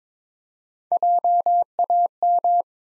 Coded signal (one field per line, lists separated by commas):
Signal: Morse code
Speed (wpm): 22 wpm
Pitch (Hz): 700 Hz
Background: none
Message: JAM